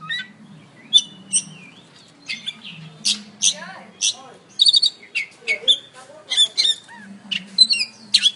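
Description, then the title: Oriental magpie-robin song of sharp whistles, clicks and buzzy notes in scattered bursts. "Kicau Kacer"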